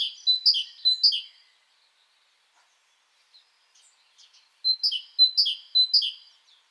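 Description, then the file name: Great tit, a ringing two-note phrase repeated rapidly in a short burst, then a pause with faint notes, then another run of the same see-saw phrases. "Parus major"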